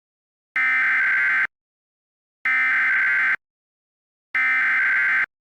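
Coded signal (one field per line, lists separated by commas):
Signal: Emergency Alert System (SAME) tones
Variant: header bursts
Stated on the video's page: Fictional EAS scenario containing valid EAS tones.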